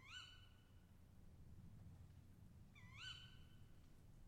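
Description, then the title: Owl calls: two clear, harmonic notes a few seconds apart, each rising sharply and then holding steady, over a low rumbling background. Owls calling overhead; recorded between 2010 and 2012 during professional travels. "Chouettes au dessus de la tete"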